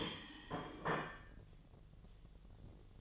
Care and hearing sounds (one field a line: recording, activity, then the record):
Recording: daily activity, microphone in the room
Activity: place plate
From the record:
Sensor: 4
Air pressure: 1010.2 hPa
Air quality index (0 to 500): 180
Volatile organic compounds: 5 ppm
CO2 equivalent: 1823 ppm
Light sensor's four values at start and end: 31/92/36/36 and 31/92/36/36